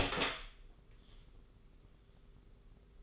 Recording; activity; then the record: daily activity, microphone in the room; open door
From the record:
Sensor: 4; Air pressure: 991.2 hPa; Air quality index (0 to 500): 134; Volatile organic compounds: 48 ppm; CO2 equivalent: 3267 ppm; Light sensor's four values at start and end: 9/22/8/9 and 14/35/14/15